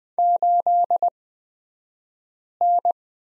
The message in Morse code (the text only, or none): 8N